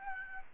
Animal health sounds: mosquito wingbeat signal from an infrared sensor; Aedes albopictus

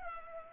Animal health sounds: mosquito wingbeat signal from an infrared sensor; Culex pipiens

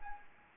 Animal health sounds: mosquito wingbeat signal from an infrared sensor; Anopheles gambiae

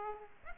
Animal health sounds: mosquito wingbeat signal from an infrared sensor; Aedes aegypti

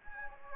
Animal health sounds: mosquito wingbeat signal from an infrared sensor; Anopheles gambiae

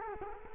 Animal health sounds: mosquito wingbeat signal from an infrared sensor; Culex quinquefasciatus

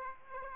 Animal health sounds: mosquito wingbeat signal from an infrared sensor; Aedes aegypti

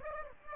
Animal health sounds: mosquito wingbeat signal from an infrared sensor; Aedes aegypti

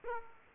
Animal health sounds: mosquito wingbeat signal from an infrared sensor; Aedes aegypti

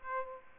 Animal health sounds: mosquito wingbeat signal from an infrared sensor; Aedes aegypti

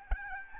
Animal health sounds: mosquito wingbeat signal from an infrared sensor; Aedes albopictus

